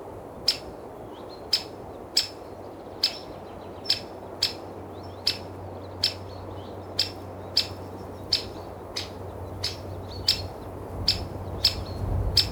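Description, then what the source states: Bird chirping: sharp, high chirps repeated at a regular pace with faint softer twitters between, over a steady low wind rumble. Birds twittering in windy conditions.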